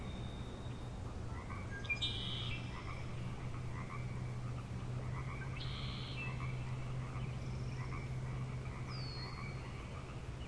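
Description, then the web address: Frogs calling together in a continuous croaking chorus with a deep hum beneath, while a few sharp bird notes and short whistles cut in. Frog chorus recorded at Grafton Lake on 3 May 2009. "The Frog Chorus Tunes Up On Grafton Lake"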